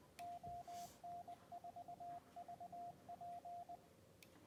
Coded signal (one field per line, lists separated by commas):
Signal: Morse code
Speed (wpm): 20 wpm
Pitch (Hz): 700 Hz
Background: radio noise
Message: ON4VP